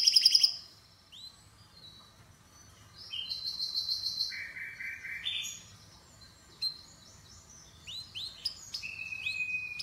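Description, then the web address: Canary song: a burst of high notes, then a rolling trill and lower buzzy phrase, followed by scattered rising chirps over faint background hum. "Canari Seda Canari"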